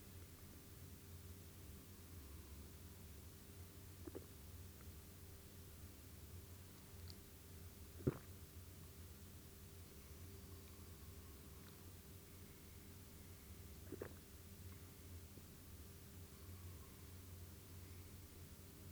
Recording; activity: daily activity, guitar pickup as the sensor; drink water